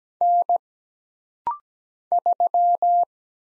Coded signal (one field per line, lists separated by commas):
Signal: Morse code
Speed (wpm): 17 wpm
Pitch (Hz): 700 Hz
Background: none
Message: N 3